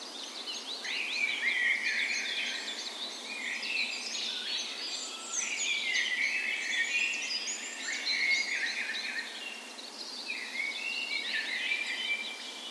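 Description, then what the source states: Birds in a dawn chorus, a steady tangle of high chirping and whistled phrases from several singers at once, with soft background hiss. Dawn chorus in a park west in Bergen, Norway, on the morning of 17 May, Norway's National Day, in spring; recorded with Sony PCM A10 and LOM Usi microphones as tree ears.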